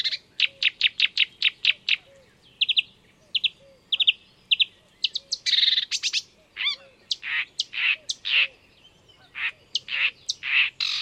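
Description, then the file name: Marsh warbler song opening with a rapid series of sharp chips, then whistled slurs, buzzy phrases and louder rasping notes. "enekes nadiposzata hangja"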